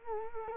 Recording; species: mosquito wingbeat signal from an infrared sensor; Culex quinquefasciatus